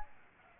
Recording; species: mosquito wingbeat signal from an infrared sensor; Aedes aegypti